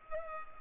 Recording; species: mosquito wingbeat signal from an infrared sensor; Culex pipiens